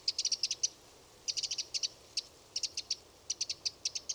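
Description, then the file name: Eurasian wren giving sharp, high ticking calls in quick bursts of several notes, with short pauses between the bursts. "Troglodytes troglodytes"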